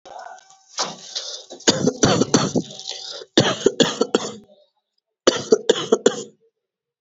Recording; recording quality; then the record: shallow voluntary cough; moderate, slight background noise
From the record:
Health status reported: healthy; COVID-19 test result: negative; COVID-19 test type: RT-PCR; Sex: male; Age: 27 years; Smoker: no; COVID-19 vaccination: both doses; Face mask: not worn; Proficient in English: yes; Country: India